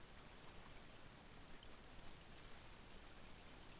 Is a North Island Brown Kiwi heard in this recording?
no